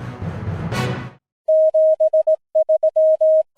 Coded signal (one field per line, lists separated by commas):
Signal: Morse code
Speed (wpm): 18 wpm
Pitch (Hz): 630 Hz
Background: music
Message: 73